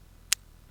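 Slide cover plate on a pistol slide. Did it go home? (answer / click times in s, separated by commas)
released / 0.3 s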